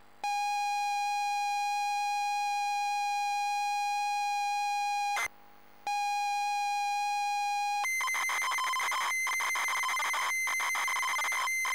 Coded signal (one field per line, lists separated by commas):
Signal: ZX Spectrum tape loading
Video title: Way Of The Exploding Fist: Zx Spectrum (Loading & Gameplay)